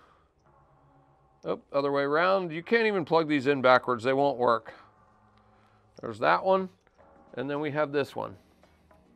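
A handlebar switch wiring plug is handled near its mating connector while custom throttle-by-wire handlebars are installed on a Harley-Davidson motorcycle. Someone talks over faint handling ticks and rustles. Nothing has seated or clicked yet.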